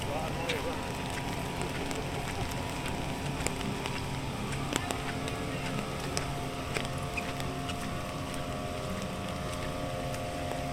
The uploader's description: take a walk through Animal Kingdom park in Walt Disney World